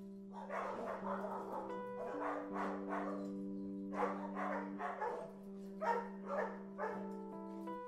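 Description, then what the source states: Dog barking in bursts of several harsh barks with short pauses between, over a constant low hum. Recorded inside a dog boarding house.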